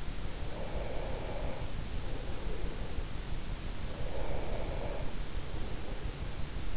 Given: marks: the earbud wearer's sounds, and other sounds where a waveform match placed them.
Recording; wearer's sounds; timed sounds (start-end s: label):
sounds in sleep by an in-ear microphone; breath
0.09-2.93 s: breath
3.45-6.42 s: breath